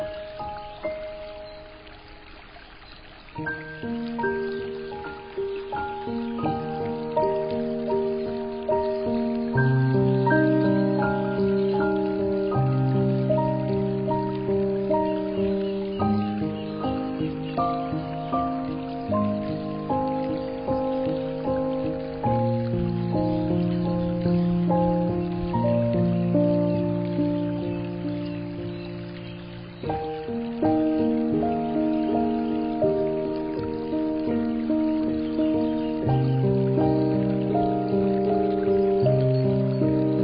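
Soft piano plays slow, sustained chords that ring in low and middle registers, with gentle shifts roughly every six seconds after a quiet opening of about three seconds. A faint, steady water-like trickle sits underneath, and the sound stays mellow with little brightness.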